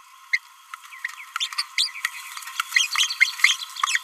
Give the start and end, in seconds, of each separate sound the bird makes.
0.33-0.40, 1.40-1.48, 1.58-1.62, 1.77-1.89, 2.74-2.87, 2.92-3.08, 3.09-3.15, 3.20-3.33, 3.86-3.99